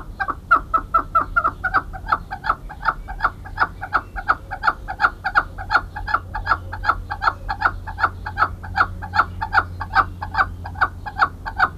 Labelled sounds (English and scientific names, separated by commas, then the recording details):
Chukar (Alectoris chukar) call
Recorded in captivity
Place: Zoo Osnabrück, Niedersachsen, DE
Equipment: Halbspur, 9,5 cm/s
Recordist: Lütgens, Hans